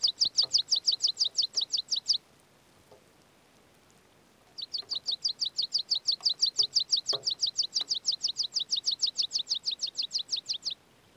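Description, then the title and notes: Meadow pipit song in two bursts of quick, high, evenly repeated thin notes separated by a short pause, the second series running longer. "Niittykirvinen. Hannu Jännes. Yle"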